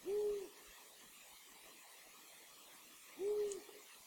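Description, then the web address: Long-eared owl giving two deep, steady hoots about three seconds apart, with faint background hiss. Recorded 16 April 2020. "fagelljud 20200416 hornuggla"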